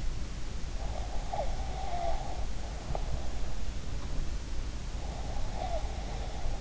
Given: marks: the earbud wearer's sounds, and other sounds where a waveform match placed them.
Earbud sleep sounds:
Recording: sounds in sleep by an in-ear microphone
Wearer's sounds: breath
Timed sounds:
0.56-2.63 s: breath
5.18-6.54 s: breath

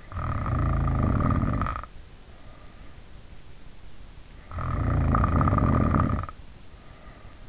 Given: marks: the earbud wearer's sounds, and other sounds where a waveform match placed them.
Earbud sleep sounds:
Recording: sounds in sleep by an in-ear microphone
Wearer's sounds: snoring breath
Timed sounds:
0.01-2.07 s: snoring breath
4.47-7.49 s: snoring breath

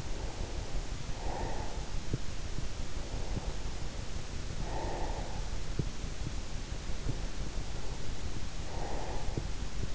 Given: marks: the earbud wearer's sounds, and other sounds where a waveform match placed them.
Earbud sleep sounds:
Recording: sounds in sleep by an in-ear microphone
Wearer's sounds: breath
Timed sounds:
0.00-2.08 s: breath
3.51-5.98 s: breath
8.19-9.62 s: breath

